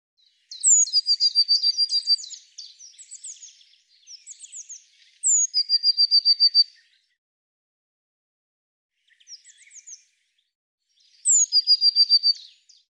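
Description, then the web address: Eurasian blue tit with repeated phrases: a high downslurred note leading into a quick trill, plus softer buzzy notes between bursts. "cianscape birddata Deverinetal 2025 File cleaned normalized Bird Cy Ca"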